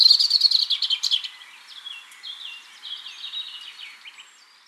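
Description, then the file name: European robin opening with a loud rapid trill, then softer high sliding notes that trail away. "Erithacus rubecula"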